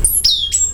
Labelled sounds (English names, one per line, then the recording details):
Stitchbird song
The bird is a male
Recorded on Tiritiri Matangi Island, New Zealand, in 2005
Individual 22, of nest box 31